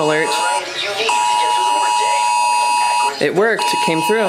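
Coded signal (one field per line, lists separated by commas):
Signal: Emergency Alert System (SAME) tones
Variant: 853 and 960 Hz attention tone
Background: speech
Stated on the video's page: Live relay of the national IPAWS/EAS periodic test, received from TV and radio stations and relayed by a SAGE EAS ENDEC monitoring one radio station.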